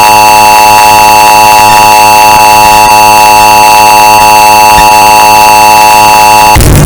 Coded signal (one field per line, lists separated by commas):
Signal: Emergency Alert System (SAME) tones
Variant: 853 and 960 Hz attention tone